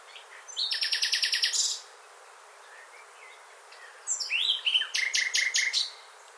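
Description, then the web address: Bird song: a rapid rattling run of repeated high notes, a quiet gap of about two seconds, then a second similar rattling run. "birddata Deverinetal 2025 File origin Bird Only Lu Me"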